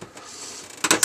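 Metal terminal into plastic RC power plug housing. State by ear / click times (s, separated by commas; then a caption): seated / 0.8 s, 0.9 s, 1.0 s. A soldered metal crimp terminal pin is pushed into a plastic RC battery plug housing until its tab wings lock. After a quiet stretch of faint rubbing, three gentle snapping clicks sound at 0.9, 0.9 and 1.0 seconds as the terminal seats in the housing.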